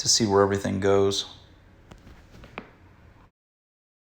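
Someone talks while a plastic rear spoiler with its clips is held against the tailgate of a 2019–2021 Mazda3 hatchback and eyeballed into position, taking time so none of the clips break. A few small taps from the positioning follow at about 1.9, 2.4 and 2.6 seconds. The spoiler has not been pushed home, and nothing has seated or clicked yet.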